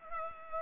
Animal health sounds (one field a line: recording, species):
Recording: mosquito wingbeat signal from an infrared sensor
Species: Culex pipiens